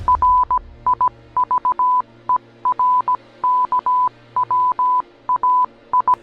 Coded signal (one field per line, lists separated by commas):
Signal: Morse code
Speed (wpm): 17 wpm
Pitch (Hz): 1000 Hz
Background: none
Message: RIVERKWAI